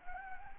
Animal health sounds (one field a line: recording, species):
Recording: mosquito wingbeat signal from an infrared sensor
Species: Anopheles gambiae